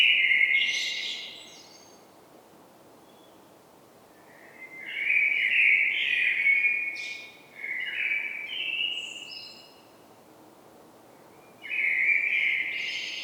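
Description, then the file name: Common blackbird song, several warbled phrases, low fluting notes topped by squeaky high flourishes, separated by pauses. "Turdus merula"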